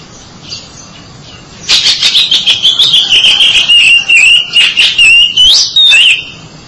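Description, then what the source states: Oriental magpie-robin delivering a long, fast series of buzzy, chattering notes over a steady warbling whistle, lasting several seconds. Long-duration recording.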